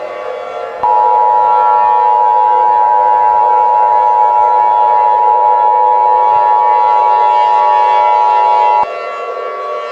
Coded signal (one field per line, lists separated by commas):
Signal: Emergency Alert System (SAME) tones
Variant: 853 and 960 Hz attention tone